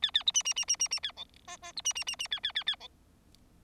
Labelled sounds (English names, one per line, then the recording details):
Bengalese Finch song
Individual Bird4